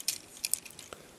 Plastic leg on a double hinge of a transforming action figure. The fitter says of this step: that one down click it in place